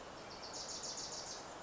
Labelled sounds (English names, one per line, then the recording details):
Wilson's Warbler
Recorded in Sonoma County, California